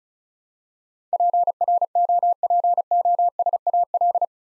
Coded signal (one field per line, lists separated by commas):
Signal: Morse code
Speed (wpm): 34 wpm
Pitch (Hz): 700 Hz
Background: none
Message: PROPOSAL